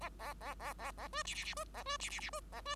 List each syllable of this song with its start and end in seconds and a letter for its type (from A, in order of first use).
0.01-0.09 A, 0.19-0.34 A, 0.40-0.55 A, 0.59-0.73 A, 0.78-0.91 A, 0.97-1.08 A, 1.12-1.23 B, 1.25-1.34 C, 1.34-1.45 C, 1.45-1.54 C, 1.56-1.64 B, 1.73-1.83 A, 1.85-1.97 B, 2.00-2.09 C, 2.09-2.20 C, 2.20-2.30 C, 2.32-2.40 B, 2.52-2.61 A, 2.65-2.75 B